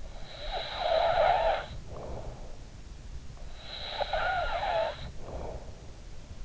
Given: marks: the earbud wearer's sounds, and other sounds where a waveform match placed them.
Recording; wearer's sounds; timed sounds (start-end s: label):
sounds in sleep by an in-ear microphone; snoring breath
0.06-2.66 s: snoring breath
3.45-5.80 s: snoring breath